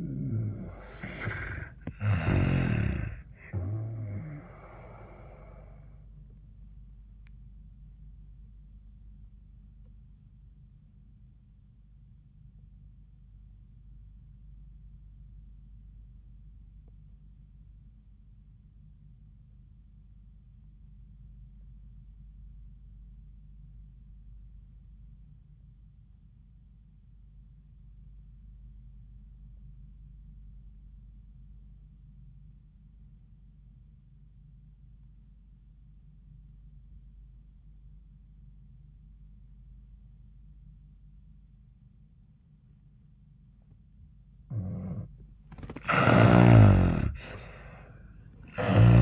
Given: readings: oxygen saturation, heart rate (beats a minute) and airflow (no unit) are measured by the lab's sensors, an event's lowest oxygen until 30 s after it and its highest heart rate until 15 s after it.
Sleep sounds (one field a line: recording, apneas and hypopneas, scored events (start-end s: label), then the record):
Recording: breathing in sleep by a smartphone at the bedside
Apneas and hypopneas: 1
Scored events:
10.00-44.80 s: obstructive apnea (N1, oxygen 97% highest, then 73% lowest, heart rate 87 at the start, 90 highest)
16.00-46.00 s: new sleep stage, REM sleep
46.00-49.02 s: new sleep stage, N1 (lightest sleep)
From the record:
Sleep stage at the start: N1 (lightest sleep)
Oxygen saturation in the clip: 80 to 97%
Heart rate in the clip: 76 to 88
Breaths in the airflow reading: 3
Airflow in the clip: -12.7 to 9.5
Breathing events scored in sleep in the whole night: 400 in 8.7 hours asleep